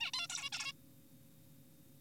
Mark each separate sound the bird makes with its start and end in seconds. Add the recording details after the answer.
0.01-0.11, 0.14-0.27, 0.30-0.50, 0.53-0.72. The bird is an adult. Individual g4p5U